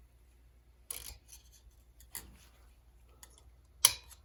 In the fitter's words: so you're going to want to hear a good solid click when you put these back in just